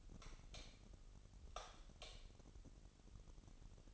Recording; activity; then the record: daily activity, microphone in the room; light off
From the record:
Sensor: 4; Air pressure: 989.2 hPa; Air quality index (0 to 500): 215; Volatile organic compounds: 65 ppm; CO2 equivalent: 3474 ppm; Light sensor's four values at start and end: 28/93/34/36 and 25/81/30/31